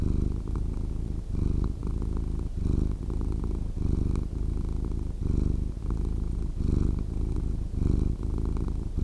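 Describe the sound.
Cat giving a low rumbling purr in breath-driven pulses.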